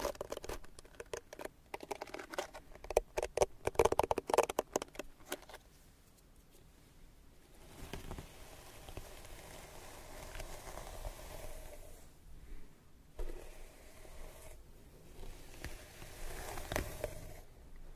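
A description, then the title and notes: Hair brushing and scalp massage: dense, rapid scratchy strokes for the first six seconds, then softer, steadier rubbing with occasional brief bristly bursts. Scalp Massage & Hair Brushing.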